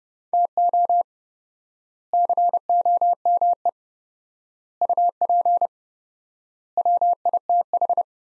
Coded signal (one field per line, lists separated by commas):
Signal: Morse code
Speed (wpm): 30 wpm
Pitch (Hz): 700 Hz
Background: none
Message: TO COME UP WITH